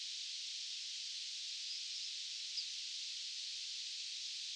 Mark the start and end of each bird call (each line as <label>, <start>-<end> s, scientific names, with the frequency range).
Emberiza citrinella (4.6-5.5 kHz), 2.56-2.60 s